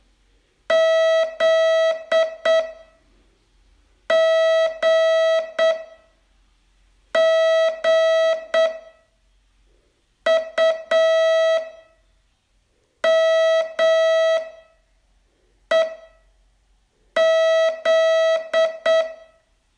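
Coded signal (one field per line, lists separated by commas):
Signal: Morse code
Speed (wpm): 8 wpm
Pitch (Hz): 650 Hz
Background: none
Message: Z G G U M E Z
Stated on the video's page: Morse training lesson, day 24 of a 42-day course.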